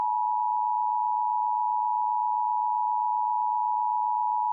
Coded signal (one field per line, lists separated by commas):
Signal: Emergency Alert System (SAME) tones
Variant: 853 and 960 Hz attention tone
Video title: EAS Mock: "Stephenson Twister"